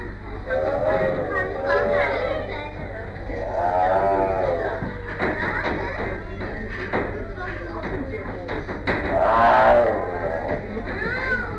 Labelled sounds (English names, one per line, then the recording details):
Tiger
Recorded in captivity
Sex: pair
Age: adult
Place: Tierpark Berlin, Berlin, DE
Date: 1959-05-28 10:00
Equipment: Smaragd
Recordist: TSA